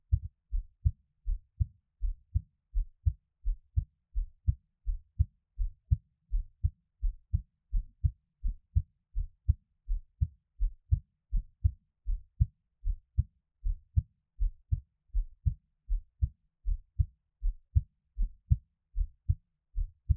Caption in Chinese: 獻上我的心跳 | Give my Heartbeat | NO Talking。